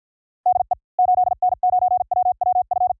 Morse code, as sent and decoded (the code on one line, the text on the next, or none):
-.. . / ---.. -. ----. .-- .-- ..-.
DE 8N9WWF